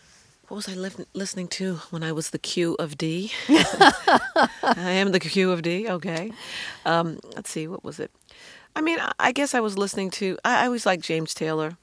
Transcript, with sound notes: What was I listening to when I was the Q of D?
(SOUNDBITE OF LAUGHTER)
I am the Q of D? OK. Let's see, what was it? I mean, I guess I was listening to--I always liked James Taylor,